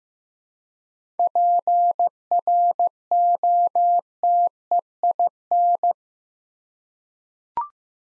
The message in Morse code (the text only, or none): PROTEIN